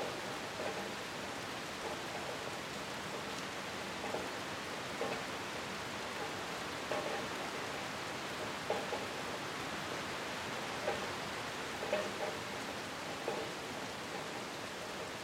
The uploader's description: the rhythmic pitter-patter of rain meets ethereal music